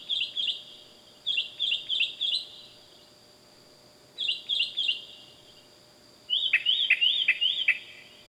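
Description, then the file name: Bird calls: clusters of several quick chirping notes in repeated bursts, ending with a louder rising-falling series, over a steady faint high hum. Loud bird calling at night, wild. "Loud Night Bird Animals Wild"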